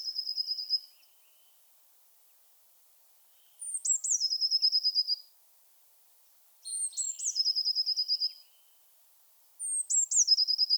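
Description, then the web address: Eurasian blue tit song repeated about every three seconds: thin high introductory notes sliding into a quick, steady trill. "Aktivitetsbanken. Fuglelyder Blåmeis"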